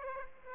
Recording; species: mosquito wingbeat signal from an infrared sensor; Aedes aegypti